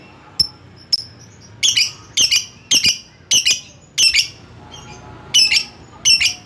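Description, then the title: Lovebird calls: two thin chips, then several harsh double-noted shrieks in an uneven series. Lovebird calling a rival. "Lovebird Memanggil Lawan"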